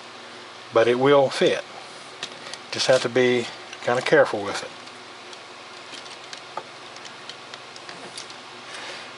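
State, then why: Not seated. A plastic toy robot part is pressed onto the assembled combined robot body. Someone talks, then a few faint, brief plastic taps and clicks are heard. Nothing seats or snaps in; the part doesn't lock and only sits in place, so it must be handled carefully.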